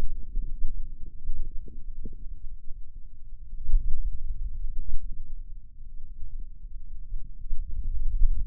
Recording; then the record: forearm muscle sounds (acoustic myography)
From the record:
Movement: pen grasping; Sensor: system 2, bracelet of six BSWA MPA416 microphones around the upper forearm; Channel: 1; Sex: male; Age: 22 years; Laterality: right